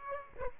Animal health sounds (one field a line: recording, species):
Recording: mosquito wingbeat signal from an infrared sensor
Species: Aedes aegypti